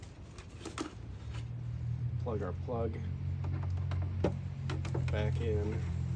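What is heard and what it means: The taillight bulb-holder wiring plug of a Mini Cooper is handled at the plastic socket on the lamp housing while someone talks over a steady low hum, with a few faint taps and rustles. Nothing has seated or clicked yet.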